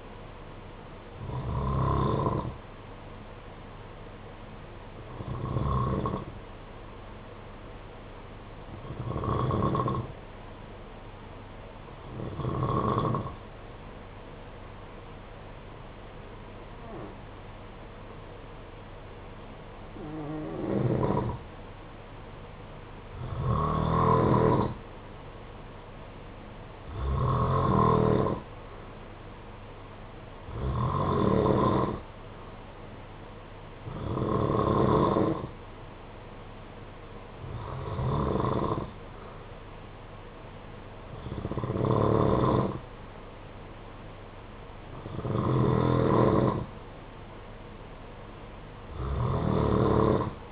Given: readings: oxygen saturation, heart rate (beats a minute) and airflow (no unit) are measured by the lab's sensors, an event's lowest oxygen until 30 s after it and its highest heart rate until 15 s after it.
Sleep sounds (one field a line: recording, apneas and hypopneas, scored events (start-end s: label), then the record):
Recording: breathing in sleep by a voice recorder at the bedside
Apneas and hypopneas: 1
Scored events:
13.00-27.10 s: hypopnea (N2, oxygen 94% highest, then 90% lowest, heart rate 50 at the start, 59 highest)
From the record:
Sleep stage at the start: N2 (light sleep)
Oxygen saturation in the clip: 86 to 94%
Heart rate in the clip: 48 to 59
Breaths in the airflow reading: 13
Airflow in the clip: -6.3 to 5.5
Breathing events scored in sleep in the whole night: 476 in 9.7 hours asleep